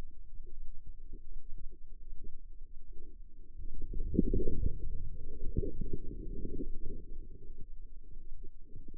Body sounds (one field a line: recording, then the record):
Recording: forearm muscle sounds (acoustic myography)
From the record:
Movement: inward rotation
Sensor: system 2, bracelet of six BSWA MPA416 microphones around the upper forearm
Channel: 2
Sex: female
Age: 25 years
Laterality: right